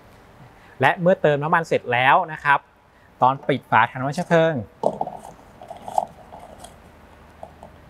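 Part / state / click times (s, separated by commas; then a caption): fuel filler cap into car fuel tank filler neck / torque reached / 4.9 s, 5.0 s, 6.0 s. After refuelling a New Honda HR-V e:HEV RS Minorchange in white Premium Sunlight pearl, the fuel filler cap is screwed closed into the car's fuel tank filler neck while someone talks. Its ratchet clicks at 4.9, 5.0, 6.0 and 6.0 seconds. The clicks mean the cap is fully closed, whether it gives one click or several.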